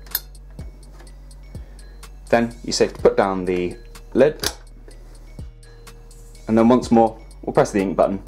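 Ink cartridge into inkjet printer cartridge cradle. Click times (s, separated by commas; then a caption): 0.1 s. A replacement plastic inkjet cartridge is pressed down into the cartridge cradle of an Epson Stylus Photo R285 printer and latches with a sharp click at 0.1 s, showing it has seated. Faint ticks and background music continue while someone talks.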